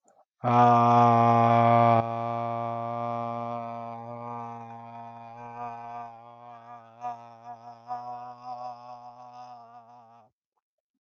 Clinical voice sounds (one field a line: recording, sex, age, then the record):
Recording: vowel held as long as possible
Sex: male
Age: 20 to 29 years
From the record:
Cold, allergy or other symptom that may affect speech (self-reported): no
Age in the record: 26 years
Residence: Texas, United States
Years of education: 15